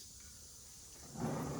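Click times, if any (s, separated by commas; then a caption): none. A radio face cable connector is handled and lined up by hand before being plugged into the car radio of a 1971 Monte Carlo SS454. A low, steady hiss gives way to louder broadband rustling from about 1.1 s. Nothing has seated or clicked yet.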